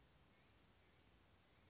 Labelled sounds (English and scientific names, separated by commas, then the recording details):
Blue-gray Gnatcatcher (Polioptila caerulea)
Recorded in Sonoma County, California